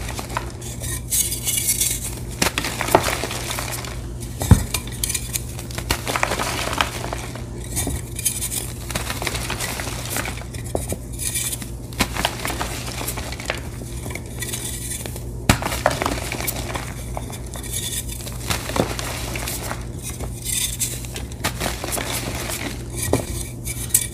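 Blocks of gym chalk being crushed, with a dense, steady stream of crumbling, scraping and crunching throughout. Sharp clicks and brittle snaps break through often, some standing out near 5 and 15 seconds, over a constant low hum.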